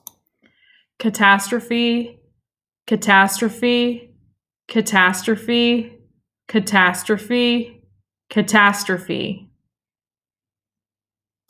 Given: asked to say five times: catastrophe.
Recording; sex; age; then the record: repeated word; female; 30 to 39 years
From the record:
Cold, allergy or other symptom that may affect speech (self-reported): no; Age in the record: 38 years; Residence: Missouri, United States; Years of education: 19